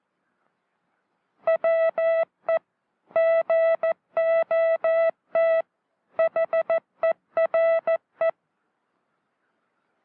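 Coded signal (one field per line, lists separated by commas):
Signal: Morse code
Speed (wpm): 14 wpm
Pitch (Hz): 660 Hz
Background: music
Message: WE GOT HERE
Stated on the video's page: Old broadcast that appears to aid in learning Morse code.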